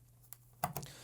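A second RAM module is pressed into its DIMM slot on a motherboard, and its plastic retention clips snap shut with sharp clicks at 0.3 s and 0.6 s. A couple of smaller ticks follow just after. The RAM is seated and fixed in the slot.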